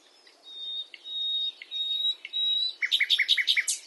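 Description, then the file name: Common nightingale song: several long pure whistles on one pitch, then a fast, loud series of repeated notes. "Luscinia megarhynchos"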